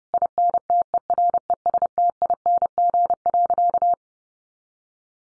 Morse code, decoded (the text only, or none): INTERESTING.